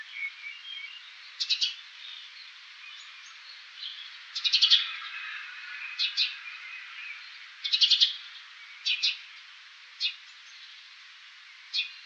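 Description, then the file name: House sparrow calls: scattered short, harsh chirps in brief bursts every second or two, over a soft, steady hiss. "Passer domesticus"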